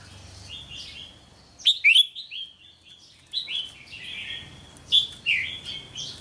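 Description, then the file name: Red-whiskered bulbul giving loud, bright, slurred whistled phrases in quick bursts with short gaps. Song of the 'hót chè' style. "Tieng chao mao hot che"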